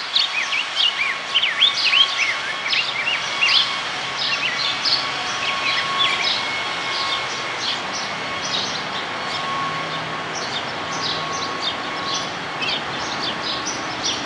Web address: Rose-breasted Grosbeak Rose-breasted Grosbeak BSB 2006